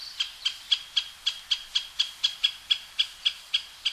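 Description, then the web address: Great spotted woodpecker calling with short, sharp, high notes repeated about four times a second, steady and evenly spaced throughout. Recorded on Sado island, Japan, on 19 June 2009. "koe akagera 090619 osado mju"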